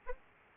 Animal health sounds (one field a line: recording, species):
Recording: mosquito wingbeat signal from an infrared sensor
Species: Aedes aegypti